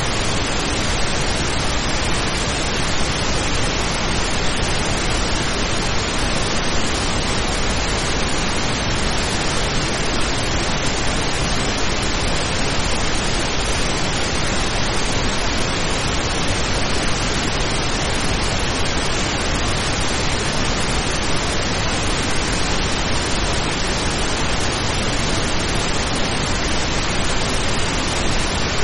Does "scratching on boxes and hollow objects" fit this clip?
no